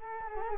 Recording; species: mosquito wingbeat signal from an infrared sensor; Culex quinquefasciatus